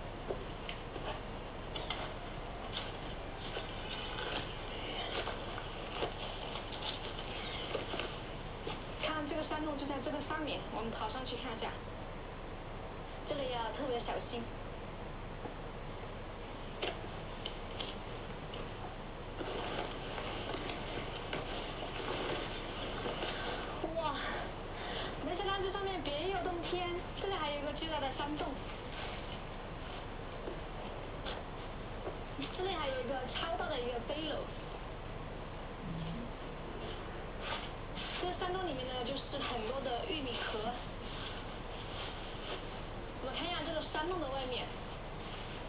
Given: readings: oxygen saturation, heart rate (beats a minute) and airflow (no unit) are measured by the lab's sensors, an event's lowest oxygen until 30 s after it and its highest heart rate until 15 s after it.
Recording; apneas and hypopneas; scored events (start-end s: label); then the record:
a person awake in a sleep study, by a voice recorder at the bedside; none
0.00-45.69 s: awake
From the record:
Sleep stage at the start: awake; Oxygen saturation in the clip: 94%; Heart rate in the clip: 58 to 63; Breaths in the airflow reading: 15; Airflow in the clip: -5.4 to 4.9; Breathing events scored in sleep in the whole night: 476 in 9.7 hours asleep